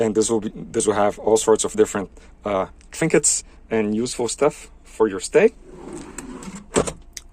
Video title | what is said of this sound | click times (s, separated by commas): Deadpool Van - Camper Van Tour | to lock it you just press press on it very hard until it locks in place and you open it as well you just press on it | 7.2 s